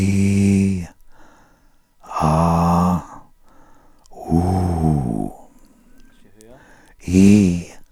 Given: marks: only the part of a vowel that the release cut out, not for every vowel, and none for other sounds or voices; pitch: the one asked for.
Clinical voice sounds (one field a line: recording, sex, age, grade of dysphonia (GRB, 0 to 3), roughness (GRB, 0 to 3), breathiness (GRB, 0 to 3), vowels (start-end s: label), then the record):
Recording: sustained vowels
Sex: male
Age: 50 to 59 years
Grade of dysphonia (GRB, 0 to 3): 3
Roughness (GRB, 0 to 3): 3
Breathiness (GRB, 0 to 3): 3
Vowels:
0.00-0.70 s: vowel /i/, normal pitch
2.29-2.92 s: vowel /a/, normal pitch
4.37-4.99 s: vowel /u/, normal pitch
7.09-7.60 s: vowel /i/, high pitch
From the record:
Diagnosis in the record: recurrent laryngeal nerve paralysis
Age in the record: 59 years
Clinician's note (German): Li, schlaff, keine Kompensation